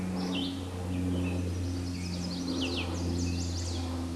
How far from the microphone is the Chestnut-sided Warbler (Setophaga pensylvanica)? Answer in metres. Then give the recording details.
about 35 m. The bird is about 15 m above the microphone. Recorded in a Pennsylvania forest on 16 May 2024 at 09:24. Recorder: AudioMoth, point MSD-2142. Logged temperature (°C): 16.7 °C. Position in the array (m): 16 m, 25 m